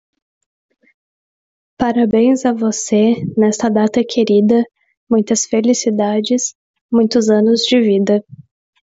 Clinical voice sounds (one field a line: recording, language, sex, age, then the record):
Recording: short text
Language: Brazilian Portuguese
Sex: female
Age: 20 to 29 years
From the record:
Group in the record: control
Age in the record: 27 years